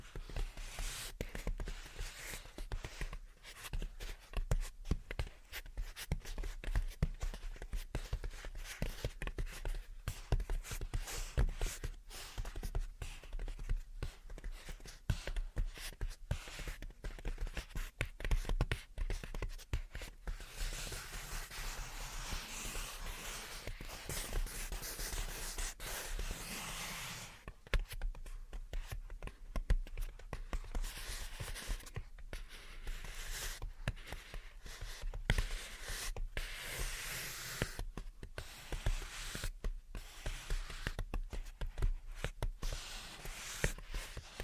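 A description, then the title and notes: Gentle tapping and scratching in dense, irregular bursts, with a softer continuous rustle from about 20 to 27 seconds before tapping resumes. Gentle Tapping and Scratching. (No Talking).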